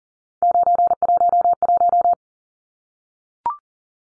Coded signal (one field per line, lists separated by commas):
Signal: Morse code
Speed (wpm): 40 wpm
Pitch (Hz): 700 Hz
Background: none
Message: 911